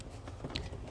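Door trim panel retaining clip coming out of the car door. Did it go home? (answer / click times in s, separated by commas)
released / 0.6 s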